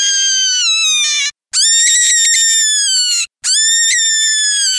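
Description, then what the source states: Cottontail rabbit distress screams: three loud, shrill cries, the middle one longest, each sliding slightly downward, with tiny pauses between. Cottontail rabbit giving a distress call.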